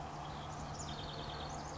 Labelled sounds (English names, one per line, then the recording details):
House Wren
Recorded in Sonoma County, California